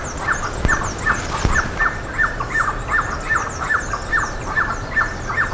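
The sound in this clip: Bird repeating short sharp notes two or three times a second, with higher sliding chirps above, a couple of low thumps early on, and constant background hiss.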